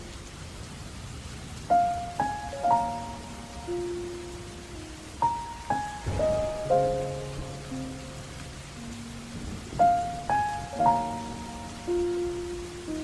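Soft, sparse piano notes ring out in slow clusters every few seconds and fade, over a steady hiss of gentle rain.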